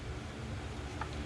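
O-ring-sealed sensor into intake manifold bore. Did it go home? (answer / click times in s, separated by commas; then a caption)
yes / 1.0 s. An O-ring-sealed MAP sensor on a 2013 Volkswagen Passat, its rubber O-ring lightly lubricated, is pushed by hand into its bore on the plastic intake manifold. Against a steady low background hum, a single short click is heard at 1.0 s as the sensor pops into place and seats.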